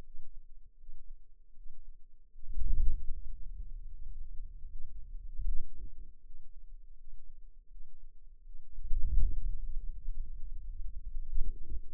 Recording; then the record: forearm muscle sounds (acoustic myography)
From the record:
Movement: wrist extension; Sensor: system 2, bracelet of six BSWA MPA416 microphones around the upper forearm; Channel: 6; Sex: female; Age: 23 years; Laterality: right